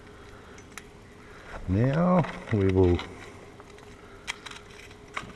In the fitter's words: I turn it about a notchback and then I turn my tailpiece back until it clicks in now